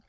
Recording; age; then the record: pig call; piglet (1 to 25 days)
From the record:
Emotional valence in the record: positive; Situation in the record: reunion after long isolation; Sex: male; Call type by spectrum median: low-frequency call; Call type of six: low-frequency tonal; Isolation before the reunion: 8 minutes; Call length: 0.09 s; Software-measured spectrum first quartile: 128 Hz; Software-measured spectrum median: 628 Hz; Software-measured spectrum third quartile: 2667 Hz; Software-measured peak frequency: 34 Hz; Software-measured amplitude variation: 102 dB a second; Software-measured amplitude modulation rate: 5.5 a second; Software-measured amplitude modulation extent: 18.5 dB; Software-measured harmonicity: 2.6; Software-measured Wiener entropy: -1.56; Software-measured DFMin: 661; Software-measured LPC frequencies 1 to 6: 1705, 3356, 4632, 5609, 7070, 8186 Hz